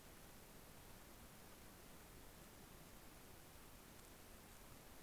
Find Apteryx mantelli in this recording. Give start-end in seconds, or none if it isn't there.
none